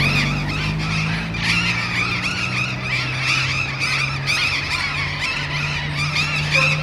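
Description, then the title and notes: Burrowing parrot flock giving dense, grating squawks in constant overlapping bursts, over low vehicle noise and a humming engine. Several parrots perched on urban overhead power lines at the corner of Humboldt and H. Yrigoyen, Barrio La Falda, Bahía Blanca. "Loros barranqueros (Cyanoliseus patagonus) en tendido eléctrico aéreo urbano. Humboldt esq. H. Yrigoyen. B° La Falda. Por Sonoteca Bahía Blanca"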